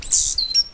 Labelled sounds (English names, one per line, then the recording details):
Stitchbird song
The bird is a male
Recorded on Tiritiri Matangi Island, New Zealand, in 2005
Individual 8, of nest box 10